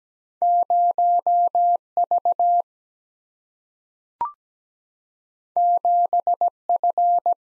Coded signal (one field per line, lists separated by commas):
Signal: Morse code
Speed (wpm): 17 wpm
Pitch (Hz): 700 Hz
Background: none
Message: 0 V 7 F